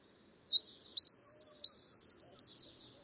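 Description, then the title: White-naped xenopsaris call: one brief sharp note, then thin high whistles that stretch out and break into rapid fluttering pulses near the end. "LuckyPassaro Completos2Sama. White-naped Xenopsaris (Xenopsaris albinucha)"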